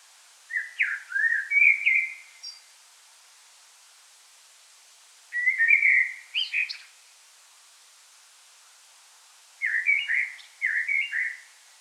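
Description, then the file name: Common blackbird giving three short melodious whistled phrases roughly every four to five seconds, low fluty notes followed by brief high twittering. "Turdus merula"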